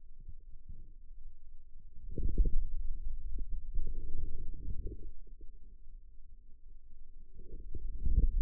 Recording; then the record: forearm muscle sounds (acoustic myography)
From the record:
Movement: outward rotation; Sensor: system 2, bracelet of six BSWA MPA416 microphones around the upper forearm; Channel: 3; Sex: male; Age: 22 years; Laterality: right